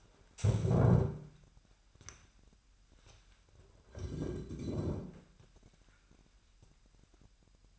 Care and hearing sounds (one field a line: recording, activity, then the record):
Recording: daily activity, microphone in the room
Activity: stand up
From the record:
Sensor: 2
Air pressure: 998.4 hPa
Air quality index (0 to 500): 127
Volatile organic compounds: 3 ppm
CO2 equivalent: 1438 ppm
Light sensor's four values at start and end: 6/15/6/6 and 5/13/5/6